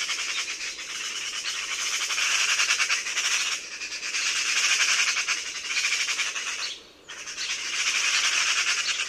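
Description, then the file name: Eurasian magpie chattering: harsh, rapid rattling bursts in three long runs separated by brief pauses, dry and buzzy throughout. "SROKA"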